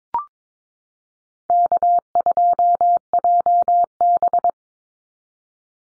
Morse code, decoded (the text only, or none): K2JB